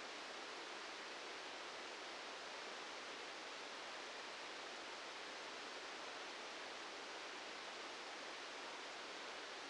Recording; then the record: brain microelectrode recording played as sound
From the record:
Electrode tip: outside the subthalamic nucleus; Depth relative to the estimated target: -8 mm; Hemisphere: right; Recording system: NeuroSet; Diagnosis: Parkinson's disease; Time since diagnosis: 13 years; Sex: male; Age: 63 years